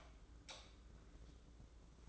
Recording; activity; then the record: daily activity, microphone in the room; light off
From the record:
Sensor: 3